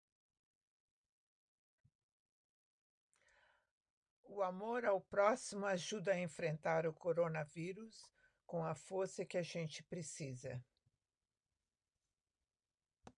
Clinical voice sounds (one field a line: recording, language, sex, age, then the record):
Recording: spoken sentence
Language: Brazilian Portuguese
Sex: female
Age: 70 to 79 years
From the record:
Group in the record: control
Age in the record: 75 years